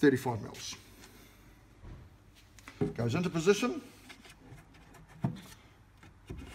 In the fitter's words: and slides again it grips and then locks into place now we have a shelf